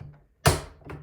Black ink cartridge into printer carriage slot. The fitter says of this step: And at the end, I'll push it. It really needs to click in place.